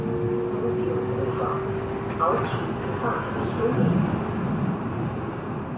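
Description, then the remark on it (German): A steady, loud rumble of a Frankfurt U-Bahn subway train in motion, with a low humming tone running through it and faint murmuring voices mixed into the rolling noise. “Zuweilen setze ich mich in Frankfurt in die U-Bahn und fahre in die Stadtteile, in denen ich früher gelebt habe.”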